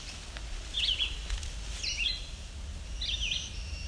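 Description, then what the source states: Black-throated Blue Warbler song: three short, buzzy, high phrases about a second apart. Along an old access road trail leading to Lake Huron at Alvar Bay; song not very loud; many bugs about.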